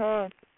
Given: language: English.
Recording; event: throat vibration sensor signal played as sound; speech